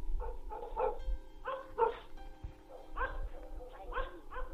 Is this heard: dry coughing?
no